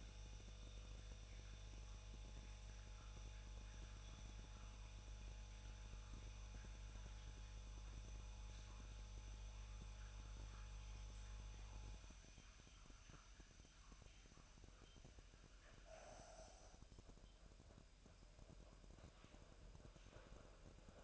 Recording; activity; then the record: daily activity, microphone in the room; make coffee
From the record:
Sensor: 2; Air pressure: 1001.9 hPa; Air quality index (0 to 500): 248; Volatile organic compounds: 40 ppm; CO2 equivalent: 3141 ppm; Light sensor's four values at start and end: 8/28/11/10 and 8/28/11/10